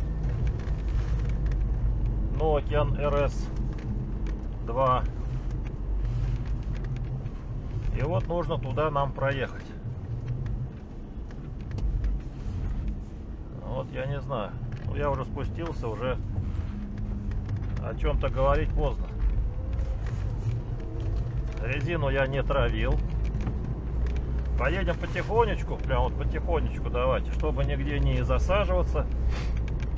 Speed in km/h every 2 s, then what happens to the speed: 10, 10, 10, 10, 9, 10, 7, 6, 4, 4, 4, 5, 8, 11, 10.
0-11 steady at about 10. 11-15 slows to 4. 15-21 steady at about 4. 21-30 speeds up to 10.